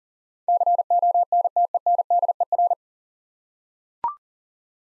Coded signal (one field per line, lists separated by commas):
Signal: Morse code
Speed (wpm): 40 wpm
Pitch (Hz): 700 Hz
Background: none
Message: CONTENDER